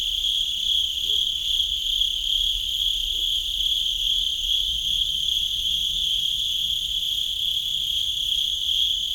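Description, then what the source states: Cricket keeping up a continuous shrill trill at a fixed pitch. At Sakhalvasho, Georgia.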